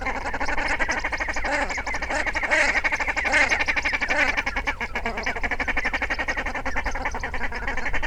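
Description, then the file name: Common shelduck calling in a fast, continuous chatter of nasal notes, several arched louder calls around the middle, then a steadier buzzing series to the end, low rumble behind. "Volpoca"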